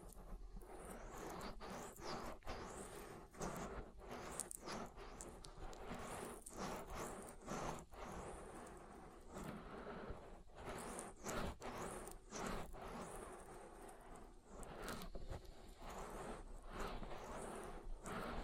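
Oil ear massage with dense, continuous wet squishing and rubbing, frequent sharp crackles and pops, and a steady low rumble throughout.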